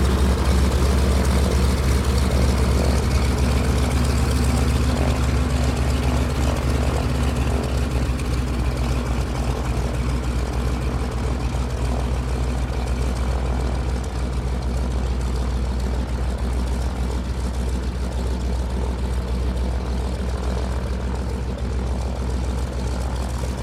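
A piston-engine De Havilland Beaver bush plane drones steadily for the whole stretch, its deep, heavy rumble dominating with a throbbing propeller beat. The level holds nearly constant, easing only slightly after the first few seconds, with a hissy rush riding above the low roar.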